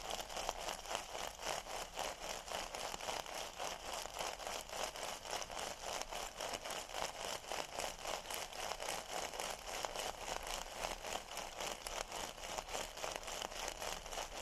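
Metal scrubbers crinkle and crunch in a dense, steady stream of fine scratchy crackles, bright and continuous with rapid irregular flickers throughout.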